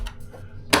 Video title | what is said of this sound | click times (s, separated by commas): Want a UNIQUE Tesla Steering Wheel? Watch This Now | so that that slides in and pops in like that. | 0.7 s